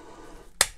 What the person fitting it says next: So, eingerastet.